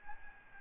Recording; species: mosquito wingbeat signal from an infrared sensor; Aedes albopictus